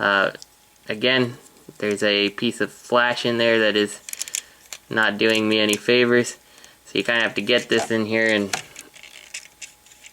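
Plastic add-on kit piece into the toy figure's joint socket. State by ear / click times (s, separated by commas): not seated / none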